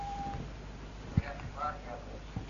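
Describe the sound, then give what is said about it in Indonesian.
A telephone line connects as an incoming phone call is picked up: a brief steady beep, then a sharp click followed by faint warbling tones over low, hissy line noise. “Baik, sekarang ada telepon bisa angkat.”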